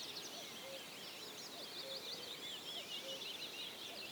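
Common whitethroat song: fast, scratchy, high chattering phrases, accompanied by a few soft low whistled notes.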